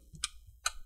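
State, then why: Seated. The plastic bottom cover of an Acer Aspire Vero AV15-52-77MH laptop is placed on the chassis and squeezed down after a RAM upgrade, so its clips snap back into place. Two sharp, bright clicks are heard at 0.2 s and 0.7 s, each a short high-pitched snap over a low, quiet background. The cover clips have seated into the laptop chassis.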